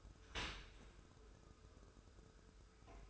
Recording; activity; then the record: daily activity, microphone in the room; open dishwasher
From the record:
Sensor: 2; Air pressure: 1014.9 hPa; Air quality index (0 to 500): 25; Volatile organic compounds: 0 ppm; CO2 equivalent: 501 ppm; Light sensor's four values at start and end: 10/23/10/10 and 10/23/10/10